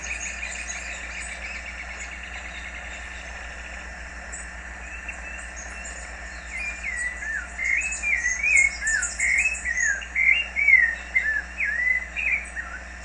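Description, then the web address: Rufous-bellied thrush song: varied warbled whistles begin after about six seconds and run to the end, preceded by faint twittering and a low constant hum. "cantos sabias laranjeira"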